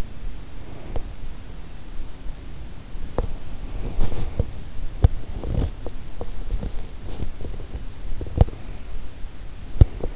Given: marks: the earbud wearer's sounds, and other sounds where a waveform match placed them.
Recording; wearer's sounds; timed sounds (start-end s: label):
sounds in sleep by an in-ear microphone; teeth grinding
3.09-10.16 s: teeth grinding